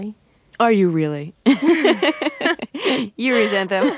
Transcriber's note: soundbite of laughter